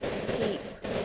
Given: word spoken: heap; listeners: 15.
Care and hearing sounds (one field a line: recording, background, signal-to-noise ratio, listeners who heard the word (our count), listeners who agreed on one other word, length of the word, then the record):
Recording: one English word in noise, from a listening test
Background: noise modulated by three-talker babble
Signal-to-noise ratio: -4.4 dB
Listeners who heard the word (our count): 0 of 15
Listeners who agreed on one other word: 12 of 15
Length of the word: 0.65 s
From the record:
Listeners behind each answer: 12, 1, 1, 1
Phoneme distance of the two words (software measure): 10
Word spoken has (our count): 1 syllable, 3 phonemes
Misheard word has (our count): 1 syllable, 3 phonemes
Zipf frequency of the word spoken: 3.69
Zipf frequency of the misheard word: 5.72